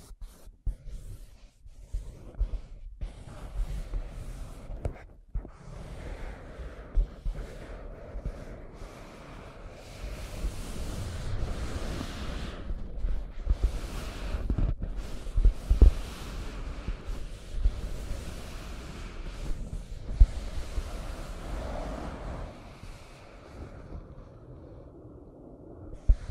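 Scratching and tracing on a surface, heard as a dense, rough rubbing with a heavy low rumble underneath. Sharp clicks and knocks break in irregularly, and between about 10 and 22 seconds the strokes swell into brighter, hissing rushes before thinning out toward the end.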